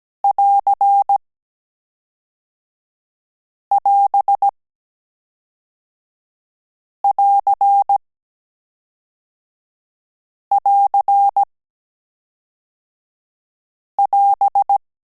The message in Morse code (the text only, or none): <AR><AS><AR><AR><AS>